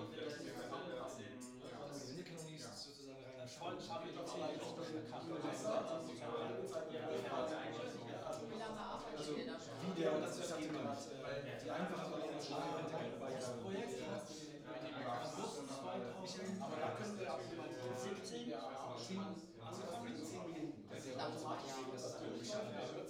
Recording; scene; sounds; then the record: everyday scene through a hearing-aid microphone; many people talking; many voices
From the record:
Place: bistro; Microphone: in the ear canal, right